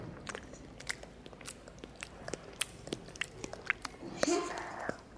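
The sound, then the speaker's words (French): Wet, smacking chewing sounds repeat in an irregular rhythm, with sharp clicky transients and soft squelches, like gum being chewed with the mouth open; a brief murmur rises near the end. “Je le mets dans ma bouche et je mâche. Je mâche la bouche ouverte.”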